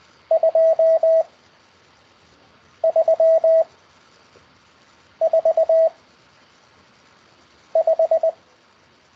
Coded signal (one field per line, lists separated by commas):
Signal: Morse code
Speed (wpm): 20 wpm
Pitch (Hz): 650 Hz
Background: none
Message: 2 3 4 5